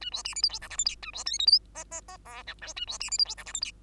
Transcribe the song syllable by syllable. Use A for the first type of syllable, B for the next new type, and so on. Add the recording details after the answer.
A B C D E F G H I J A B K L M N N N O P Q A B C D E F G H I J. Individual Bird2